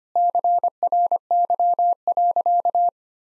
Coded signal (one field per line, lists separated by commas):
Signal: Morse code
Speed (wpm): 25 wpm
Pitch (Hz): 700 Hz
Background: none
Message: CRY.